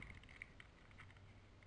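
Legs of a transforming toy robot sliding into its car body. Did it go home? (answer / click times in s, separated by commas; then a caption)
no / none. Someone slides the plastic legs of a G1 Hot Rod transforming toy robot up into its car body while changing it to car mode. Quiet plastic handling with a few faint ticks fills the clip, and the legs have not snapped into place yet.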